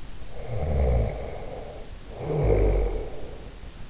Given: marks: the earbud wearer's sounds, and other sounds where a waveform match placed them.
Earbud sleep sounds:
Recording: sounds in sleep by an in-ear microphone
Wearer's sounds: snoring breath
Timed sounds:
0.36-3.39 s: snoring breath

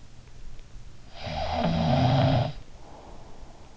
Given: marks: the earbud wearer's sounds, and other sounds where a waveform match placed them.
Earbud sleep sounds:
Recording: sounds in sleep by an in-ear microphone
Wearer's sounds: snoring breath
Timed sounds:
1.00-3.72 s: snoring breath

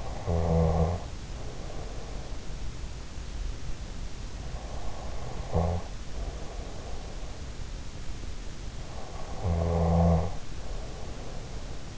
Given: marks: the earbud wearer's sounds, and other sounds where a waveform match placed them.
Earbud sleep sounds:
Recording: sounds in sleep by an in-ear microphone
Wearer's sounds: snoring breath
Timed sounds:
0.00-2.32 s: snoring breath
4.78-7.40 s: snoring breath
9.08-11.98 s: snoring breath

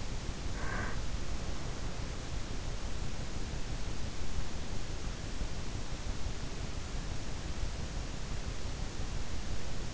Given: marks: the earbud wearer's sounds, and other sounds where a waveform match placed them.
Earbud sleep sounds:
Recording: sounds in sleep by an in-ear microphone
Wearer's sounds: breath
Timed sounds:
0.00-1.47 s: breath

